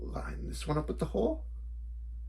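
A swappable plastic grasping hand is lined up with the wrist peg hole of a Hasbro 2022 Marvel Legends Hammerhead Spider-Man Retro 6-inch action figure while someone talks over a steady low hum. The clip ends before the hand is pushed on, so nothing has seated or clicked yet.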